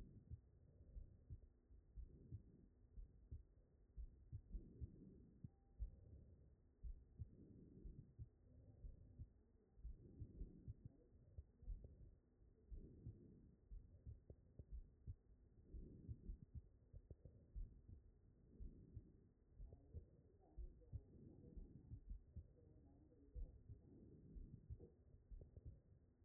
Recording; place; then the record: heart sounds by stethoscope; pulmonary valve (PV)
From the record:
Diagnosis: non-HFrEF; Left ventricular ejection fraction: 66%